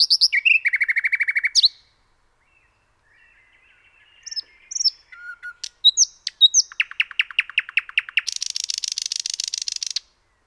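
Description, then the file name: Common nightingale singing varied phrases: a fast trill of repeated notes, soft quiet notes, sharp whistles, a series of down-slurred notes, and a long dry buzzy rattle. "Luscinia megarhynchos"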